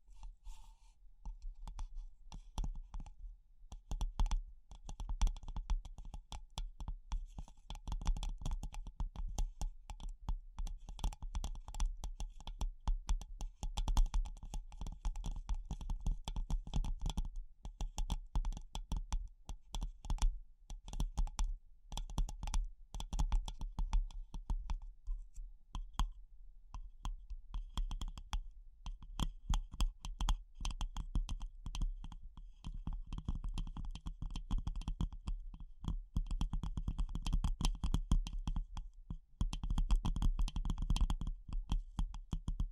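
Fingers tap in quick, dense bursts of short clicks, with the pace shifting between rapid runs and brief sparser moments. The taps have a hard, clicky edge like keyboard typing, with a faint steady tone and low rumble underneath throughout.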